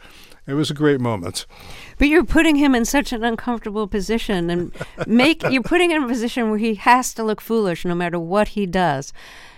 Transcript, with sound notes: It was a great moment.
But you're putting him in such an uncomfortable position.
(Laughter).
And you're putting him in a position where he has to look foolish no matter what he does.